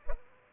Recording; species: mosquito wingbeat signal from an infrared sensor; Culex pipiens